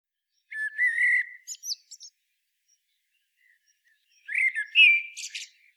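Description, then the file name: Common blackbird: two whistled song phrases, a smooth low warble followed by brief high squeaks, then a second phrase ending in a shrill twitter. "Turdus merula"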